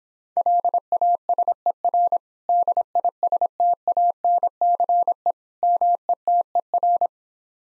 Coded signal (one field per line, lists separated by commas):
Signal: Morse code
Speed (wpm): 26 wpm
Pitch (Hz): 700 Hz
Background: none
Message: LASER DISTANCE METER